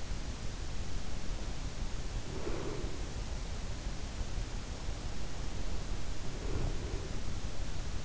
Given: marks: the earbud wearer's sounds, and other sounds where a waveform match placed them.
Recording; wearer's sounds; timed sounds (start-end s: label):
sounds in sleep by an in-ear microphone; breath
1.89-3.31 s: breath
6.22-7.39 s: breath